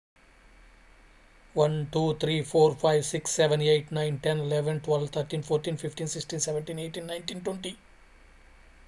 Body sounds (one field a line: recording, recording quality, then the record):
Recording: counting at a fast pace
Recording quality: excellent, no background noise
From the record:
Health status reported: healthy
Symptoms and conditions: none ticked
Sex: male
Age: 42 years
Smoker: not ticked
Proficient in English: no